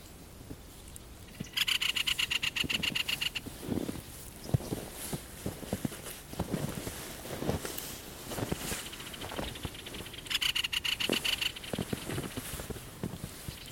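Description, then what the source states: Great spotted woodpecker making two short, harsh rattling chatters, the first early and the second near the end, amid scattered clicks and rustling. Harsh scolding chatter call (räksytys).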